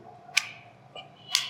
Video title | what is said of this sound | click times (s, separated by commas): dji air 3s tutorial bangla - how to fly dji air 3s - First Flight - dji air 3s beginner's guide | হ্যাঁ, যখনই চাপটা দিলাম তখনই দেখবেন যে একটা শব্দ হলো। তার মানে কি, ব্যাটারিটা ঠিক সময় মতো জায়গা মতো বসে গেছে, এটা আর কোনো সমস্যা নেই। | 0.4 s, 1.4 s